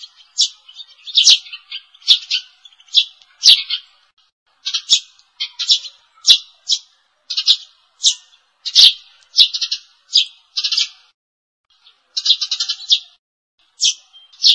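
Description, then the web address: Sparrow chirping in quick runs of bright, high notes, often paired or tripled, with one short silence near the end. Sparrow chirps used as a lure call. "animal sparrow-lure-call"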